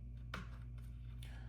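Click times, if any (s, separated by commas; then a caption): 0.3 s. A power supply cable connector is pressed into the power header on an Aorus Extreme AX Z690 motherboard, giving a sharp snap at 0.3 s that shows it is actually seated, after it had earlier seemed in when it wasn't. A fainter tick follows at 1.2 s over a steady low hum.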